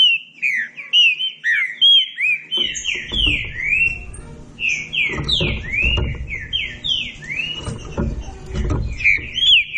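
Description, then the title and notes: Green-winged saltator song of rapid slurred whistles, rising and falling, continuing throughout, with low noise underneath from partway through. Classic song style (canto clássico) recording intended for training. "Canto Clássico Trinca Ferro TREINAMENTO. trinca fero"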